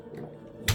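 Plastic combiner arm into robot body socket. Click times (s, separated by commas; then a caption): 0.7 s. The second plastic arm of a combiner toy is laid in and pushed into its socket on the robot body. Soft handling rustles come before a sharp snap at 0.7 s as the arm seats in place.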